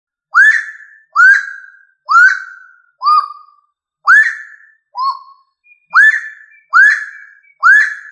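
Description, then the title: Rail calls: sharp upslurred whistled notes, a few lower and flatter, repeated about once a second, against a silent background. "Familia Rallidae"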